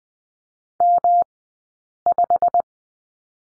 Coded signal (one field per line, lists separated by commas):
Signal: Morse code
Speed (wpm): 20 wpm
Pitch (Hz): 700 Hz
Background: none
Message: M5